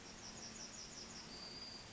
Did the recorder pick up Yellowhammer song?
yes